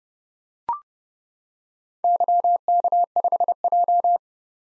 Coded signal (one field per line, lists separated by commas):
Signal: Morse code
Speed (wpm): 30 wpm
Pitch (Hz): 700 Hz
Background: none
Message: YK5J